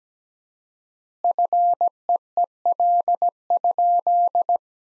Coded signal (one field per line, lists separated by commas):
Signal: Morse code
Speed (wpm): 17 wpm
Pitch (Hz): 700 Hz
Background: none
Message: FEEL?